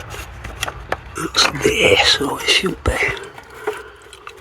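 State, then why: Not seated. A plastic grille trim part is handled against the front of a vehicle as it is lined up to be pressed in. Brief sharp plastic taps and knocks come through while someone talks. Nothing has seated or clicked into place yet.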